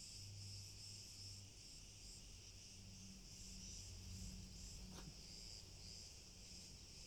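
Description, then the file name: Crickets in chorus, a faint steady high shimmering trill with slight pulsing, continuous throughout, over a low humming background and one brief click. Distant chorus of crickets. "Grillen Chor Cl Fern"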